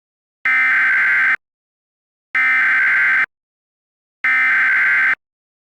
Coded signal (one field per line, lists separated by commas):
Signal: Emergency Alert System (SAME) tones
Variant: header bursts